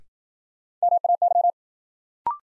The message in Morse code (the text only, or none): MAY